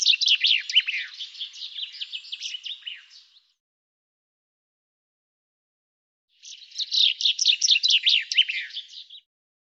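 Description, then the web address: Bird with two rapid high twittering phrases, each of quick downslurred chirps lasting about three seconds, separated by a three-second silence. "cianscape birddata Deverinetal 2025 Bird Fr Co"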